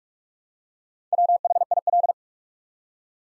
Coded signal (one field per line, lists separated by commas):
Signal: Morse code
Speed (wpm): 44 wpm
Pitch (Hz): 700 Hz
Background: none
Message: WHIL